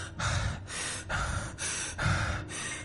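Heavy, rapid panting after running into a bedroom, with about six harsh, breathy gasps in a steady rhythm, each inhale and exhale loud and airy, with no talking.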